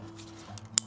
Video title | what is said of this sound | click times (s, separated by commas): Wild Camping in a FORGOTTEN forest - Halloween Special 🎃 | pull it until it clicks. | 0.8 s